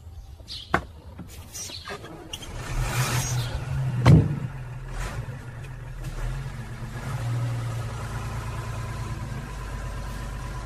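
A car engine hums steadily with a low, continuous drone, broken by a few sharp knocks and a brief louder thump partway through, then settles back into a steady rumble.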